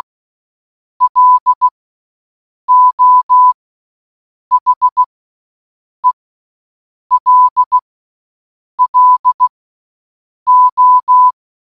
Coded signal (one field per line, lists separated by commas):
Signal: Morse code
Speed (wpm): 16 wpm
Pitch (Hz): 1000 Hz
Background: none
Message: LO HELLO